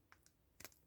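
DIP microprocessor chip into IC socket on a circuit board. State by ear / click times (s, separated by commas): seated / 0.6 s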